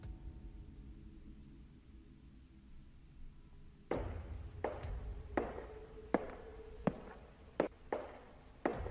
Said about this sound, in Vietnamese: Tiếng bước chân càng lúc càng gần.